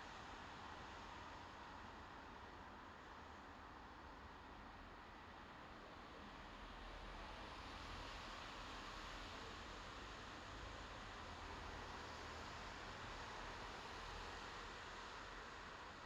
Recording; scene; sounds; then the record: everyday scene through a hearing-aid microphone; in traffic; traffic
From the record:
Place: bus stop on a city main road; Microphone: in the ear canal, left